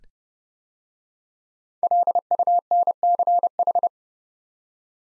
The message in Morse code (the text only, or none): LUNCH